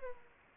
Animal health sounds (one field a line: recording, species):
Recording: mosquito wingbeat signal from an infrared sensor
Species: Culex pipiens